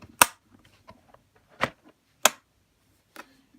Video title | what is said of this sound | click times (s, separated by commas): Unboxing! (#2) Gamdias Mechanical Keyboard + Mouse Combo 18$ | As you can hear, if you didn't hear that, it snapped. I'll show you guys again. | 0.2 s, 2.3 s